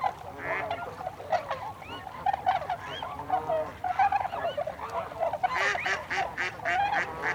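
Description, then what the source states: Tundra swan flock calling, a dense chorus of overlapping hooting and bugling notes, some rising and falling, continuous throughout with louder bursts near the end. Recorded 26 December 2020.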